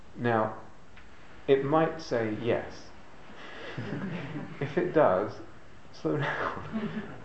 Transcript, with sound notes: Now, it might say yes. [laughter] If it does, slow down.